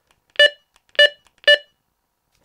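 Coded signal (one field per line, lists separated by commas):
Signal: none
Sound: walkie-talkie button beeps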